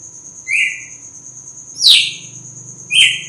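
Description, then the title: Red-cowled cardinal giving three whistled notes, one falling sharply, with a low hum and steady high tone beneath. Female; sings strongly at dawn after moult. "Canto Galo Campina Fêmea 02. GALO DE CAMPINA AÇOITA FORTE NA MADRUGADA DEPOIS DA MUDA"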